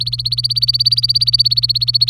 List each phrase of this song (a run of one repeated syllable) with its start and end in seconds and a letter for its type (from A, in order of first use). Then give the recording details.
0.00-2.10 A. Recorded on 24 April 2018 at 09:22. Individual llb3